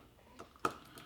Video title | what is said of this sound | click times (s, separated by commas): MH-48 Mircophone Repair | drop the mic holder into place and it will rotate it a little and it will click | 0.7 s